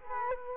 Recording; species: mosquito wingbeat signal from an infrared sensor; Culex quinquefasciatus